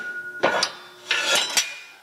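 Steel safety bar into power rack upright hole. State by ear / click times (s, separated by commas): seated / 0.6 s, 1.1 s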